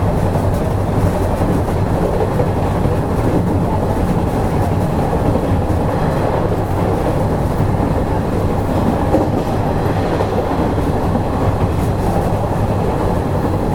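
Running sound of a Nishi-Nippon Railroad 5000 series train: a steady, dense low rumble holds throughout at an even loudness. A faint rhythmic rattle and clatter runs through the roar, with a slight hum underneath and no distinct pauses or changes.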